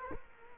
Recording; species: mosquito wingbeat signal from an infrared sensor; Culex quinquefasciatus